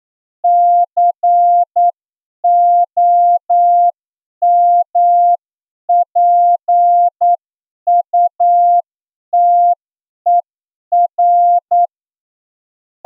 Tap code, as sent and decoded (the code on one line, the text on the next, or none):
none